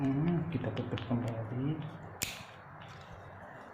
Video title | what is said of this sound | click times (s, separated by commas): cara membuat kabel sambungan (how to make connection cable) watch the following videos. | Sudah tertutup ya, sudah terkunci | 2.2 s